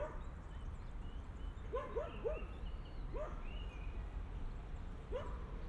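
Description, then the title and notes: Dog yapping: a quick run of three barks, then single barks spaced apart, over low steady noise. Dogs crossing a park on Via Irnerio, Bologna, Italy; recorded by students of the Liceo Musicale L. Bassi di Bologna for the ALEarth project. "Via Irnerio, 2/3, 40126 Bologna BO, Italia - Cani. Cani che attraversano il parco. Registrazione raccolta dagli studenti del Liceo Musicale L. Bassi di Bologna, progetto ALEarth"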